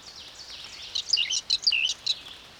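Whinchat song: a short hurried phrase of bright, high chirps and little whistled slurs, rising and falling rapidly.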